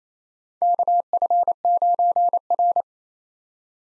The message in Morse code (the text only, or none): KF9R